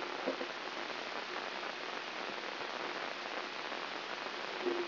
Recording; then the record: brain microelectrode recording played as sound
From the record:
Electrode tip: inside the subthalamic nucleus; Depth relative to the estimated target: 0 mm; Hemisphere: right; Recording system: AlphaMap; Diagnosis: Parkinson's disease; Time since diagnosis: 11 years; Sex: female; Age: 52 years